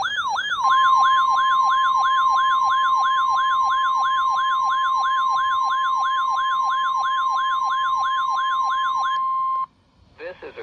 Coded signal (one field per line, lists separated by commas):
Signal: Emergency Alert System (SAME) tones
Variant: 1050 Hz attention tone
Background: speech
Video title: WWG49 Required Weekly Test. 8/13/25 EAS #473